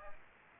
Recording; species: mosquito wingbeat signal from an infrared sensor; Aedes aegypti